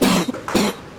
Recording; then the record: coughing mixed with background sound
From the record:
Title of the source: 60 coughing still (deep and wet cough)